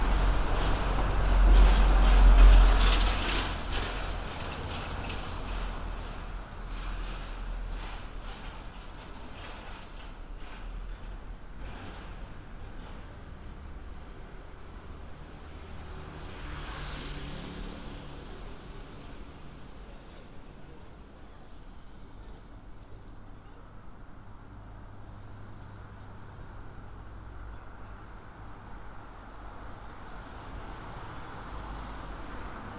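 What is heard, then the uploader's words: Walking through London, a passing vehicle swells loudly in the first few seconds, then fades into a steady, low city hum with faint voices. A binaural field recording of walking around London.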